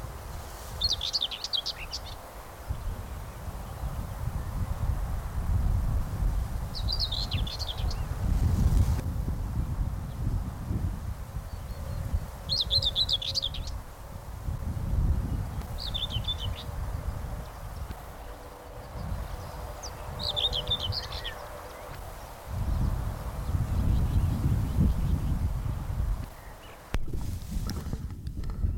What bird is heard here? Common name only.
Common Whitethroat